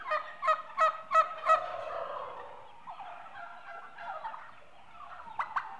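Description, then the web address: Turkeys calling as a flock, with five loud rhythmic yelping notes at the start, then softer overlapping chatter and a couple of sharp calls near the end. A group of eight-month-old domestic turkeys, mostly hens, recorded as livestock. "BBC Sound Effects Library BBC 35-Livestock 2 8 Month Old Turkeys- Mostly Hens"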